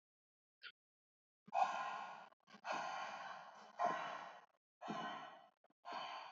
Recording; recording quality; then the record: shallow breathing; excellent, no background noise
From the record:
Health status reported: healthy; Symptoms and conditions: none ticked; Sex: male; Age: 38 years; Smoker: not ticked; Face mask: not worn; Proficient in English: yes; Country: India